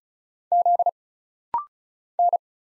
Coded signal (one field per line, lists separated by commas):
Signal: Morse code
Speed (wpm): 36 wpm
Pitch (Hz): 700 Hz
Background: none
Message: Z N